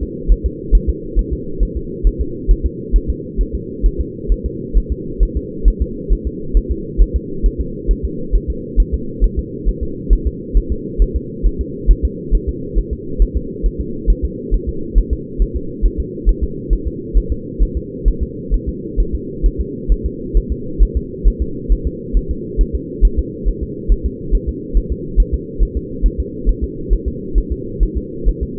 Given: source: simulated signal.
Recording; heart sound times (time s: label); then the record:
fetal heart sounds
0.03 s: S2
0.32 s: S1
0.46 s: S2
0.75 s: S1
0.89 s: S2
1.19 s: S1
1.33 s: S2
1.63 s: S1
1.77 s: S2
2.07 s: S1
2.21 s: S2
2.51 s: S1
2.66 s: S2
2.96 s: S1
3.10 s: S2
3.41 s: S1
3.55 s: S2
3.86 s: S1
4.01 s: S2
4.32 s: S1
4.46 s: S2
4.77 s: S1
4.92 s: S2
5.23 s: S1
5.37 s: S2
5.68 s: S1
5.82 s: S2
6.13 s: S1
6.27 s: S2
6.57 s: S1
6.71 s: S2
7.02 s: S1
7.16 s: S2
7.46 s: S1
7.61 s: S2
7.91 s: S1
8.05 s: S2
8.35 s: S1
8.50 s: S2
8.80 s: S1
8.94 s: S2
9.24 s: S1
9.39 s: S2
9.69 s: S1
9.83 s: S2
10.13 s: S1
10.27 s: S2
10.57 s: S1
10.72 s: S2
11.02 s: S1
11.16 s: S2
11.46 s: S1
11.61 s: S2
11.91 s: S1
12.05 s: S2
12.35 s: S1
12.49 s: S2
12.78 s: S1
12.93 s: S2
13.22 s: S1
13.37 s: S2
13.66 s: S1
13.81 s: S2
14.10 s: S1
14.25 s: S2
14.54 s: S1
14.69 s: S2
14.98 s: S1
15.13 s: S2
15.42 s: S1
15.56 s: S2
15.86 s: S1
16.00 s: S2
16.29 s: S1
16.43 s: S2
16.73 s: S1
16.87 s: S2
17.18 s: S1
17.32 s: S2
17.63 s: S1
17.77 s: S2
18.08 s: S1
18.23 s: S2
18.54 s: S1
18.69 s: S2
19.00 s: S1
19.15 s: S2
19.46 s: S1
19.61 s: S2
19.92 s: S1
20.06 s: S2
20.37 s: S1
20.52 s: S2
20.83 s: S1
20.97 s: S2
21.28 s: S1
21.42 s: S2
21.72 s: S1
21.87 s: S2
22.17 s: S1
22.31 s: S2
22.61 s: S1
22.75 s: S2
23.05 s: S1
23.19 s: S2
23.48 s: S1
23.63 s: S2
23.92 s: S1
24.06 s: S2
24.35 s: S1
24.49 s: S2
24.77 s: S1
24.92 s: S2
25.20 s: S1
25.34 s: S2
25.63 s: S1
25.77 s: S2
26.06 s: S1
26.20 s: S2
26.49 s: S1
26.64 s: S2
26.93 s: S1
27.08 s: S2
27.38 s: S1
27.52 s: S2
27.83 s: S1
27.98 s: S2
28.29 s: S1
28.43 s: S2
From the record:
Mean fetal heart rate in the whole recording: 135 bpm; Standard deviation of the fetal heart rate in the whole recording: 3 bpm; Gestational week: 36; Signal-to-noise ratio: -4.3 dB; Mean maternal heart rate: 72 bpm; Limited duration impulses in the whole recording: absent